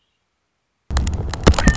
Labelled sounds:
Red-winged Blackbird
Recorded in Sonoma County, California

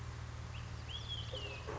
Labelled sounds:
Olive-sided Flycatcher
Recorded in Sonoma County, California

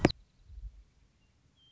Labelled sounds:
Western Meadowlark
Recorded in Sonoma County, California

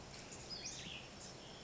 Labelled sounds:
Western Flycatcher
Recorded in Sonoma County, California

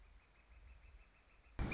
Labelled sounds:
Northern Flicker
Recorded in Sonoma County, California

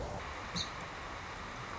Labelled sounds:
Song Sparrow
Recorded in Sonoma County, California

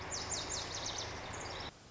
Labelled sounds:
Lazuli Bunting
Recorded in Sonoma County, California

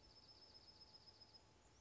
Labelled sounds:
Dark-eyed Junco
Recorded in Sonoma County, California

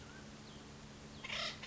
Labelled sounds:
Acorn Woodpecker
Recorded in Sonoma County, California

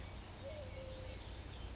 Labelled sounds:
Eurasian Collared Dove
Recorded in Sonoma County, California

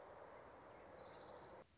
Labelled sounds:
Orange-crowned Warbler
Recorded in Sonoma County, California

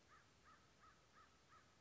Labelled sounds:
American Crow
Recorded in Sonoma County, California

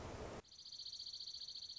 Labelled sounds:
Dark-eyed Junco
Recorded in Sonoma County, California

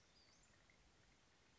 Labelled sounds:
Western Flycatcher
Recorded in Sonoma County, California

